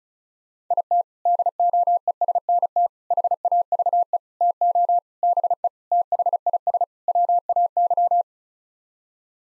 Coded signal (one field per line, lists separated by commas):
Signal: Morse code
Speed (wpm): 36 wpm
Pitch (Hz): 700 Hz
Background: none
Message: IT DOESNT HAVE TO BE THIS WAY